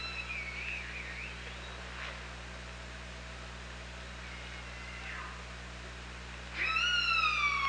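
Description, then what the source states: Killer whale call, faint wavering tones early, quiet stretch with soft sweeps, then a bright harmonic call bursting in near the end and slowly falling. OrcaLab hydrophone, 24 August 2017, 07:54.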